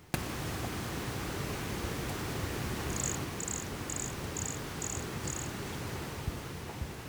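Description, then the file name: Brachycephalus sulfuratus call: six brief, high, even notes in a steady series about twice a second, over a hissing background. Recorded near Jurupara dam on 29 September 2016; the animal was not collected. "Brachycephalus sulfuratus near Jurupara dam not collected 29 set 2016 MRBornschein"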